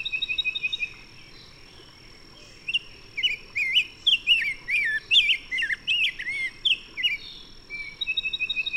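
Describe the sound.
Bird song: a quick run of repeated short notes, a pause, a lively phrase of looping whistles, then the rapid repeated notes return at the end.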